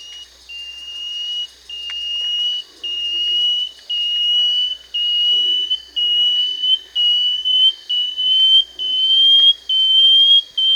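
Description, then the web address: Banded antwren song: a long series of high whistled notes that creep slightly upward in pitch and grow shorter and quicker toward the end, with faint low chatter behind. Peru. "Birds of the Amazon 2. Banded Antwren (Dichrozona cincta), Peru"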